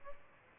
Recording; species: mosquito wingbeat signal from an infrared sensor; Aedes albopictus